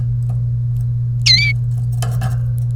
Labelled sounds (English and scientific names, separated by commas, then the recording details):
Domestic Canary (Serinus canaria) song
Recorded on 30 April 2018 at 16:37
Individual llb3